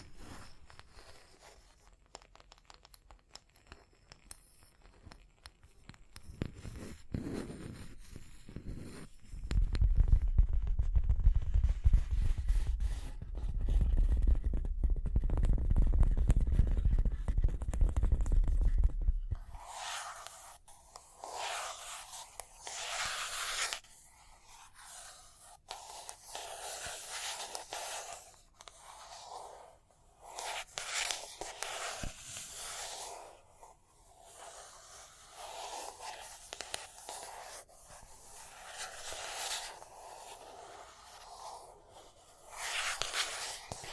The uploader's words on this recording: Tapping and Scratching (No Talking).